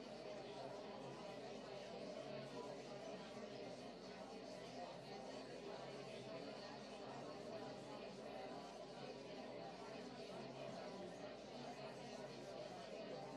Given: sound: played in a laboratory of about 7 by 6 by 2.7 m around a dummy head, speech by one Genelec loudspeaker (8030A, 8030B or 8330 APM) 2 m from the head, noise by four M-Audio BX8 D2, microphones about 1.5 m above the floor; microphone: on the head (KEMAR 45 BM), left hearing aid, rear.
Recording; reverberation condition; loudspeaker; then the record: babble noise; low; four, about 170 cm from the corners of the room and facing them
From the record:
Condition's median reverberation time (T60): about 310 ms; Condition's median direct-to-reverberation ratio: about 3.5 dB